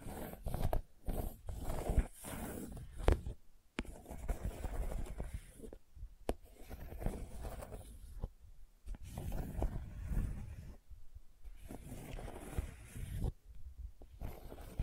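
Gentle scratching in uneven bursts, low and rustling with brief sharp clicks near two and three seconds, broken by short silent pauses.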